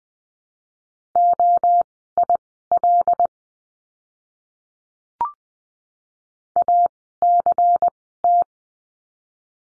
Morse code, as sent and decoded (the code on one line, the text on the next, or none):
--- .. .-.. / .- -.-. -
OIL ACT